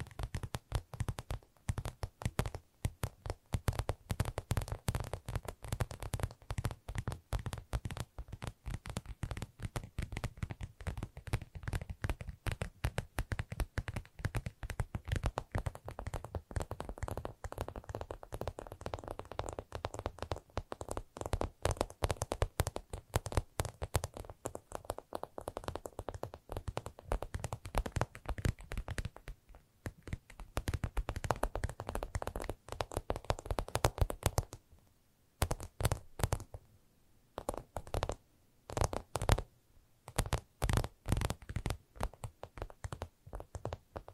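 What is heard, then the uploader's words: Rapid, dense tapping fills nearly the whole clip, a fast irregular stream of sharp clicks with a full low thump underneath. Around 29 to 34 seconds the taps turn lighter and brighter, then after a brief pause near 35 seconds sparser bursts of tapping return. ASMR Irresistible Tapping. No Talking.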